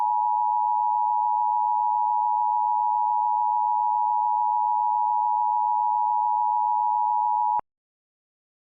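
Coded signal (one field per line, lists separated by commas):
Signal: Emergency Alert System (SAME) tones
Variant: 853 and 960 Hz attention tone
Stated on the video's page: Simulated EAS mock with valid SAME headers, made with EASyKIT, EAS macros, Loquendo TTS and Audacity.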